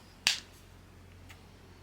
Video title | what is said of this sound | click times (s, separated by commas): Mini Brands Books Series 2 Unboxing 📚 - 3 Capsules – Duplicates or Legendary Find?! HD 1080p | It makes a nice clicky noise for | 0.3 s